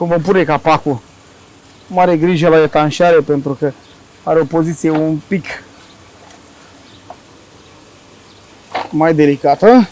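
A technician lines up the filter housing cover on the filter housing of a McCormick X7624 VT Drive tractor, taking care with its seal because the cover's position is awkward. Someone talks in bursts, with faint brief knocks near 6.3 s and 7.1 s and a louder sound at 8.8 s. Nothing has seated or clicked yet.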